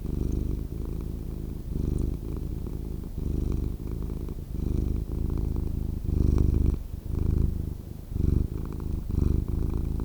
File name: Cat Purring Sound Extended Version